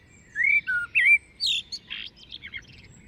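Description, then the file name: Common blackbird song: a single phrase of mellow fluted whistles sliding up and down, ending in a thin, squeaky high twitter. "Turdus merula"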